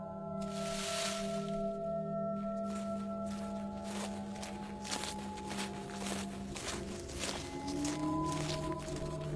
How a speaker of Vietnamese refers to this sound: Loáng thoáng, mẹ nghe có tiếng bước chân vọng lại từ trên dốc quan nương vọng xuống. Tiếng bước chân cứ lẹt xà lẹt xẹt, lẹt xà lẹt xẹt.